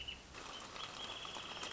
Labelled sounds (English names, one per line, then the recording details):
Wrentit
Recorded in Sonoma County, California